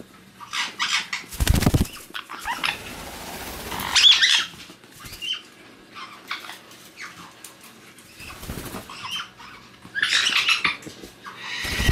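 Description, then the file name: White-bellied caique chick giving harsh, scratchy squawks and chatters in irregular bursts, with loud low thumps and rustling between calls. Chick in a playful, excited mood. "ptenec ryzegolovogo kaika razygralsya"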